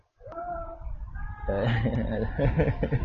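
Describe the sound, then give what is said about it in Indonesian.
Cats fighting: drawn-out, wavering yowls that overlap and swell into louder, harsher screeching halfway through, continuing without pause and with no talking. “Lagi ada kucing pengen berantem ya, aduh, ada-ada aja ini.”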